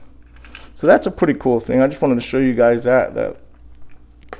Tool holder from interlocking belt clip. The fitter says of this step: locked in on your belt the only way to release it is push the button to release